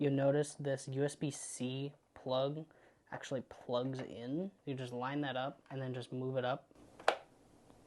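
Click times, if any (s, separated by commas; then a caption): 7.1 s. A plastic screen mount with a built-in USB-C plug is lined up in two rectangular holes on a Bambu Lab A1 3D printer base and pushed up into place. Someone talks during most of the clip, then a sharp click is heard at 7.1 s as the mount and its USB-C plug seat home.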